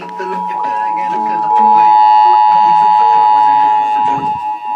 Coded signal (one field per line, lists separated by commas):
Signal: Emergency Alert System (SAME) tones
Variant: 853 and 960 Hz attention tone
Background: speech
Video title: EAS #131-135 - Required Monthly Test #10